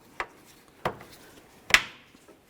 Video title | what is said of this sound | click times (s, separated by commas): How to Replace High Beam Headlight Bulbs 1999-2006 Chevrolet Silverado 1500 | Listen for a click from that. | 1.7 s